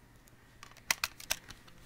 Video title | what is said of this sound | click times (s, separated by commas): VID00007.AVI | Alright, press down on it, it locks in place. | 0.9 s